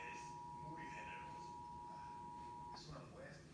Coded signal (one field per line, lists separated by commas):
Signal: Emergency Alert System (SAME) tones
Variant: 853 and 960 Hz attention tone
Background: speech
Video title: National Periodic Test on WTVS (EAS #36) (TV EAS #3)